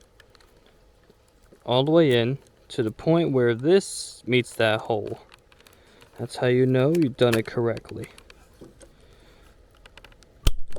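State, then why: Seated. Someone talks while a key ignition switch is shoved all the way into its mounting hole on an Eahora electric chopper bike. A sharp click at 10.5 s marks the switch seating into its housing.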